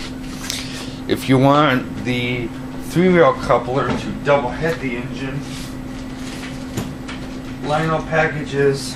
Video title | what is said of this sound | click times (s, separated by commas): Lionel Vision Line 763e Hudson w/ Legacy | then it'll lock into place just like that | 0.5 s